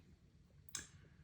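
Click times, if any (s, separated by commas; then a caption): 0.8 s. A plastic refill cartridge for a Dove Men's deodorant is fitted into its steel holder case and gives a short, bright click at 0.8 s over a quiet low background hum. The refill seats in the case; it is making this click now, although it never clicked the first time it was used.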